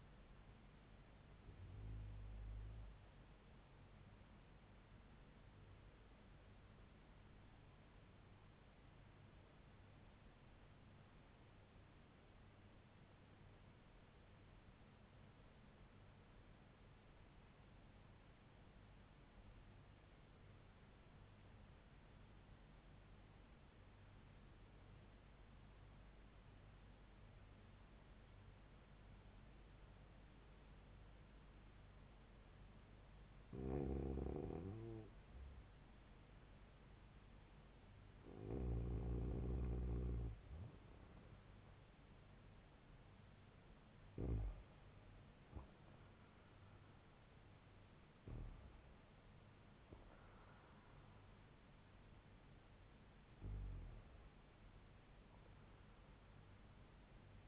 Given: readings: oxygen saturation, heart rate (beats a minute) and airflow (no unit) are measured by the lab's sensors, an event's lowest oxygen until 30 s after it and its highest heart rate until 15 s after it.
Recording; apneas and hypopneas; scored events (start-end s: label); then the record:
breathing in sleep by a voice recorder at the bedside; 1
5.00-34.10 s: hypopnea (REM, oxygen 99% highest, then 94% lowest, heart rate 71 at the start, 78 highest)
From the record:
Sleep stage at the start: REM sleep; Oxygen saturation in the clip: 94 to 99%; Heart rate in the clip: 70 to 78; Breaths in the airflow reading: 9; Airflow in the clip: -3.3 to 5.4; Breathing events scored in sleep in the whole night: 158 in 7.3 hours asleep